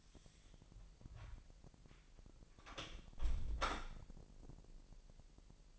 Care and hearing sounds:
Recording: daily activity, microphone in the room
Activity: close door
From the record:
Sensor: 5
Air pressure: 1001.3 hPa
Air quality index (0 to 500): 248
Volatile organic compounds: 35 ppm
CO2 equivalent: 3065 ppm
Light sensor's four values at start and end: 36/84/34/32 and 37/84/34/32

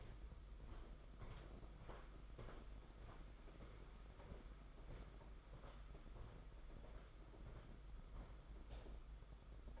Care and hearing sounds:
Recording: daily activity, microphone in the room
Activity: walk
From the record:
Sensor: 5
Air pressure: 991.8 hPa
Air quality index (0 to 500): 157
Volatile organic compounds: 262 ppm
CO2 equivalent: 4392 ppm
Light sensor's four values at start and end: 32/108/40/43 and 32/108/40/43

